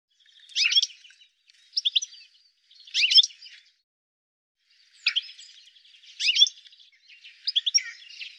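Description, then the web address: Bird chatter: short bursts of sharp chirps and squeaky notes, about six phrases separated by brief silences and one longer pause. "cianscape birddata"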